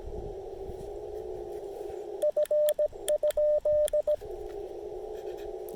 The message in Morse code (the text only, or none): F?